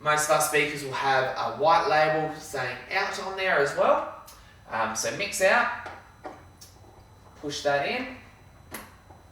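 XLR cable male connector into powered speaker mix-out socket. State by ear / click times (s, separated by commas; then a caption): seated / 8.7 s. The male end of an XLR audio cable is pushed into the mix-out socket on a powered PA speaker. Someone talks through most of the clip, then there is a short, sharp click at 8.7 s as the connector's latch engages, leaving the cable seated in the speaker output.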